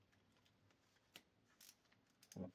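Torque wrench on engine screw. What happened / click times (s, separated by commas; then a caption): Torque wrench clicked at its setting / 1.2 s. A torque wrench set to 12 gets a final pull on a pre-tightened engine screw of a Mercedes R320 and gives a sharp click at its setting at 1.2 s. Afterwards someone talks over faint ratcheting and mechanical handling noise.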